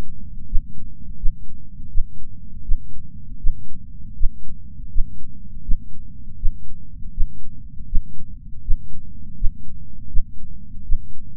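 Steady, deep thumping heart sounds at about 80 beats a minute, with a regular rhythm. Only low-pitched sound is present, with a faint muffled rumble between beats and no other noises.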